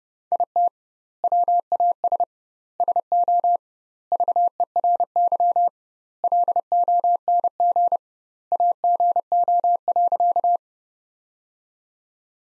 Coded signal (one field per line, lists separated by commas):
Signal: Morse code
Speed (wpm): 32 wpm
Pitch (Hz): 700 Hz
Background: none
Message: IT WAS SO VERY LONG AGO.